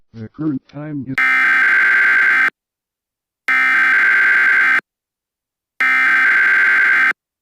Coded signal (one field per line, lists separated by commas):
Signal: Emergency Alert System (SAME) tones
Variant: header bursts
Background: speech